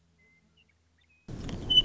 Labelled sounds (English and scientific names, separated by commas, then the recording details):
Western Meadowlark (Sturnella neglecta)
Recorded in Sonoma County, California